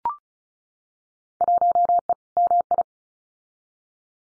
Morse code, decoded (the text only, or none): 1E MI